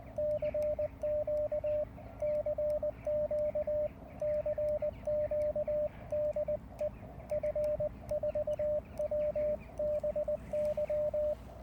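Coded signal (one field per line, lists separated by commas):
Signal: Morse code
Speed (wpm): 20 wpm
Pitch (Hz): 600 Hz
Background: radio noise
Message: CQ CQ CQ DE F4WBY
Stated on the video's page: Received on a short vertical antenna: a 19 ft wire on a 6 m fishing pole with a 9:1 unun.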